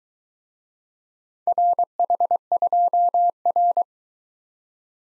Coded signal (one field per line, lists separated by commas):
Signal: Morse code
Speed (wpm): 22 wpm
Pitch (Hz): 700 Hz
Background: none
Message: RH2R